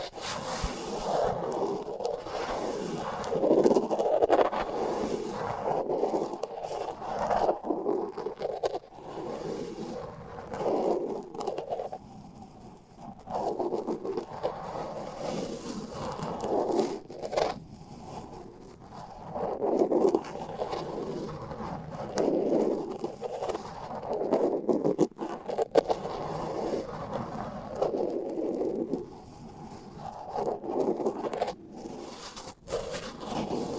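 Microphones covered with tape are rubbed and scratched in a steady stream of dry, papery scraping. The sound comes in repeated swells, a few every several seconds, with brief quiet gaps near 8, 17, 25 and 31 seconds. It stays mostly mid-pitched, with little low rumble.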